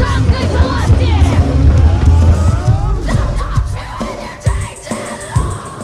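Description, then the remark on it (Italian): A group of about 20 people shouting and yelling together on a rooftop at Red Square in snowy Moscow, a dense, loud wash of overlapping voices that stays strong for several seconds, then thins into scattered sharp cries and bursts. “Sono 20, urlando, c'è una bandiere, gitare.”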